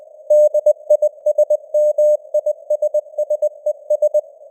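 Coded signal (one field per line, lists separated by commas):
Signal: Morse code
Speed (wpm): 20 wpm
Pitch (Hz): 600 Hz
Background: none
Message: DISMISSES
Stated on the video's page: News headlines at 20 wpm with simulated radio noise and varying signal strength (QSB).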